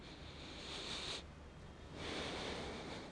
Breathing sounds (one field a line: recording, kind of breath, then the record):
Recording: one breath in and out by a microphone near the nose and mouth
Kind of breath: deep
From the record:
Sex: male